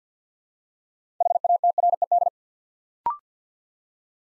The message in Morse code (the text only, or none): HATRED